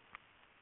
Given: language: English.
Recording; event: throat vibration sensor signal played as sound; swallow